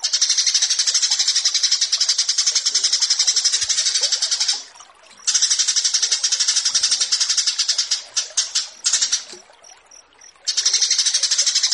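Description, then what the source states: Horsfield's bush lark song, a dense run of fast high-pitched repeated notes, interrupted twice by short pauses and a few scattered chirps before the rapid series returns. Branjangan song used for bird-keeping tutoring (masteran).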